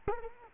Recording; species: mosquito wingbeat signal from an infrared sensor; Culex quinquefasciatus